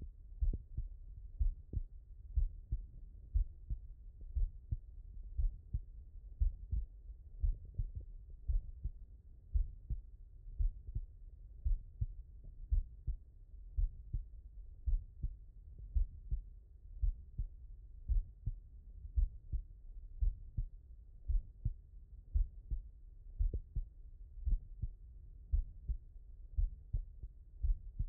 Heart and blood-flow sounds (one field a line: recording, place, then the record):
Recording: heart sounds by stethoscope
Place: mitral valve (MV)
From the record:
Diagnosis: non-HFrEF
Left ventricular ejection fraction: 66%